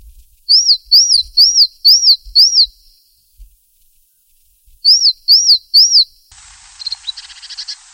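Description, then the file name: Azure tit with high, clean, arched notes in a run of five, then three, followed by a buzzy churr. "Parus cyanus"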